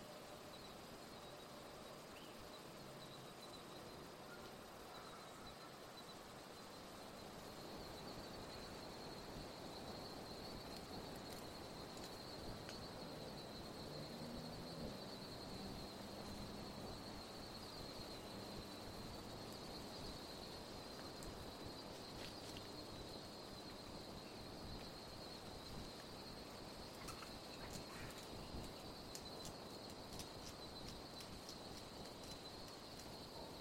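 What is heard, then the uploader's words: A soft, steady breeze rustles through bush, a dense hushing that stays even for the whole stretch and swells slightly after about ten seconds. A thin, high insect-like whine runs constantly above it, with faint low rumbling, perhaps traffic, underneath. The noise of the city beyond.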